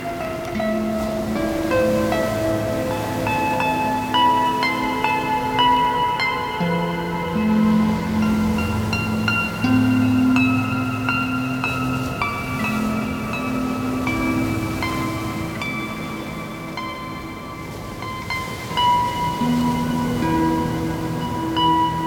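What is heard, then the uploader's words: Soft harp notes ring out and overlap in a slow, steady melody over a constant low wash like waves throughout. Soothing Harp & Wave Soundscape. It's got a lovely, relaxing sea soundscape which I recorded on New Year's Day and some blissful harp melodies. It's in A Harmonic Minor.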